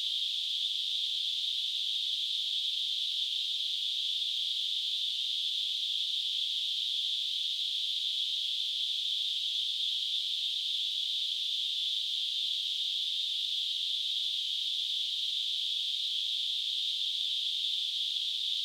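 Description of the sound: Steady, continuous synthesized narrowband noise centered around 3 to 4 kHz, a hissing tone that simulates tinnitus.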